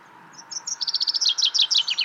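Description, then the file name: Common chaffinch song: soft opening notes building into a fast, bright series of repeated downslurred notes, growing louder. "Fringilla coelebs"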